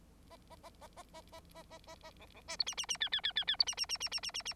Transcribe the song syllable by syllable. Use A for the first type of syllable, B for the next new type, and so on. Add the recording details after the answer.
A A A A A A A A A A A B B C D E E E F F F F F D E E E E E E E E. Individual Bird9